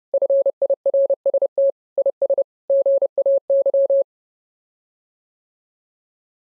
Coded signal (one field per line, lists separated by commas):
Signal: Morse code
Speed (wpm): 30 wpm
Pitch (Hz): 550 Hz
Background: none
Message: FIRST IS GAY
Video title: English or Morse Code